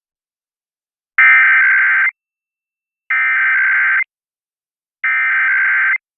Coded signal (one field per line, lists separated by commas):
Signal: Emergency Alert System (SAME) tones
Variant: header bursts